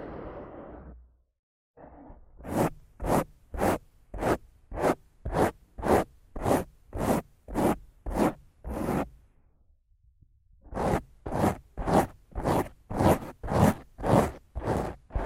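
Rough scratching and brushing strokes against a mic, repeated in a steady rhythm of about two strokes per second, each a bright, raspy swipe. A softer rustle opens, then a brief silence, and the strokes pause again near ten seconds before resuming.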